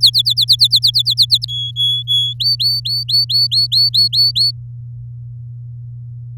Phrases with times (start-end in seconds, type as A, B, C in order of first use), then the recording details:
0.01-1.45 A, 1.48-2.34 B, 2.40-4.51 C. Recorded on 8 May 2018 at 16:43. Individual llb16